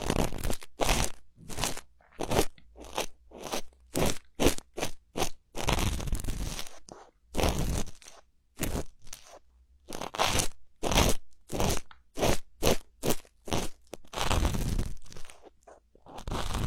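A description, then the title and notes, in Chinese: Ear cleaning, made of crisp crunching and scraping strokes repeated at a quick, fairly regular pace. Longer, denser rustling scrapes fill the stretches around six seconds and again near fourteen seconds. A faint low hum runs steadily underneath. 掏耳朵2.0。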